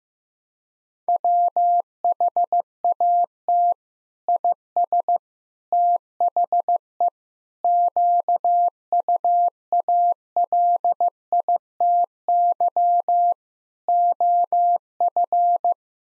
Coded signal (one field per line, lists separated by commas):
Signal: Morse code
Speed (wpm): 15 wpm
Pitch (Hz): 700 Hz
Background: none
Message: WHAT IS THE QUALITY OF